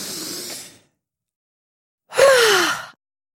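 A deep breath: a soft, airy inhale, a pause of about a second, then a louder, longer exhale with a faint voiced sigh sliding down in pitch.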